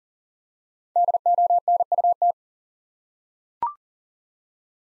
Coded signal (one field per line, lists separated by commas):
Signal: Morse code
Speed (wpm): 38 wpm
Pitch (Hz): 700 Hz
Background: none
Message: DONUT